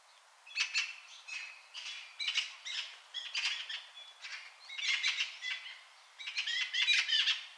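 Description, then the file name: Eurasian magpie giving scratchy chattering and squeaky notes in irregular bursts with short gaps. "Pica pica"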